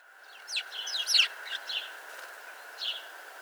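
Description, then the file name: House sparrow chirps, a cluster of sharp notes early on and a lone chirp near the end, over a steady hum. "Passer domesticus"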